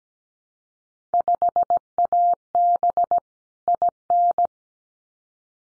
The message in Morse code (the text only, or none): 5AB IN